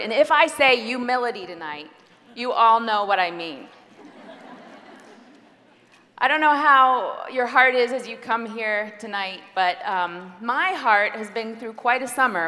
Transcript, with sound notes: and if I say “’umility” tonight, you all know what I mean! (laughter) I don’t know how your heart is as you come here tonight, but my heart has been through quite a summer!